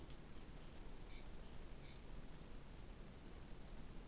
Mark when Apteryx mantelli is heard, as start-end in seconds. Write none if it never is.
none